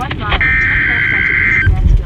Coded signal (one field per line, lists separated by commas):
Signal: Emergency Alert System (SAME) tones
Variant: header bursts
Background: speech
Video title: YEA ITS NADER SEASON BOYS (EAS 77-82)